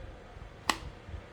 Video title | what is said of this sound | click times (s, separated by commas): FN 509 MRD LAPD W:TLR7 050822 | boom there's our click so gonna give her a try i know that | 0.7 s